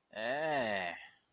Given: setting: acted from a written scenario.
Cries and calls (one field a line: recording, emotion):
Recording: vocal sound without words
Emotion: disgust